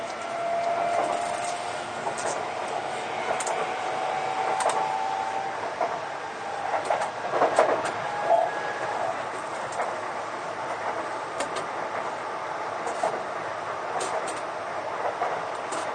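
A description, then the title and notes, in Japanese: A Sotetsu 20000 series train runs between Yokohama and Shonandai, with a steady rolling rumble and a motor whine that drifts in pitch. Sharp clicks and knocks from the rails come every second or two, growing busiest and loudest around the middle. 相鉄20000系 横浜ー湘南台。快速に乗車し、録音。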